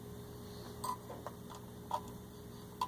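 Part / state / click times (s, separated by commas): bobbin case into sewing machine shuttle / not seated / none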